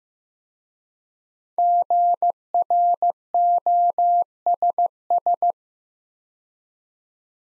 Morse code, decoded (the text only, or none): GROSS